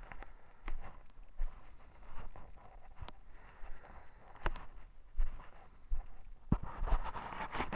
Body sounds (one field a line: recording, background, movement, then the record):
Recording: deep breathing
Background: quiet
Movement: walking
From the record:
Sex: male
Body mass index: 20.6 kg/m2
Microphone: on the chest, facing the body